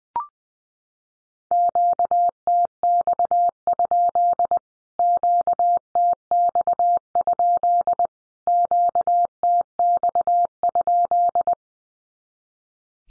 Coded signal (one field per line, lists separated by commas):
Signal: Morse code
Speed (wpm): 20 wpm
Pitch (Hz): 700 Hz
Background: none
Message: QTX? QTX? QTX?